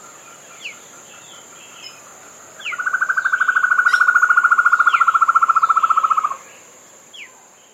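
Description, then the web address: Masked antpitta song, a long even trill of rapid hollow notes lasting about four seconds, falling slightly in pitch throughout, with faint high bird calls around. South America. "Natures Songs S America Masked Antpitta"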